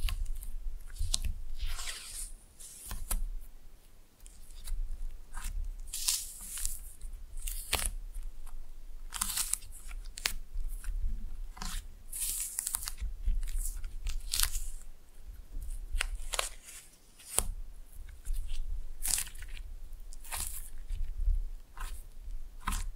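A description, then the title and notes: Wet, squishy slime being played with: frequent sticky clicks and crackling pops, irregular and dense, over a steady low rumble throughout. ASMR Fun with Slime No Talking.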